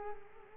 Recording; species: mosquito wingbeat signal from an infrared sensor; Culex quinquefasciatus